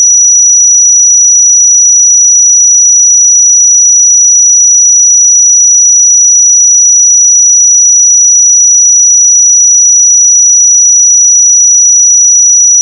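A pure sine tone at 5864 Hz sounds continuously for the whole thirteen seconds. It is high, thin and piercing, with no change in pitch or loudness and nothing else underneath it. The silence around it is complete.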